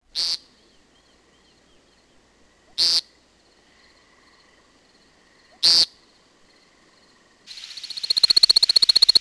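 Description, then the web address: American woodcock peent calls: three short, harsh, buzzy notes about three seconds apart, then a fast high twittering starts and builds in the last seconds. "Peterson North American Birds. amwo"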